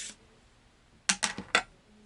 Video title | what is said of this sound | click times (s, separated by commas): Sorry No Fishing! - Snow Storm in Tennessee Means No Fishing | what's really cool about it is that it locks into place see that little pin right there | 1.1 s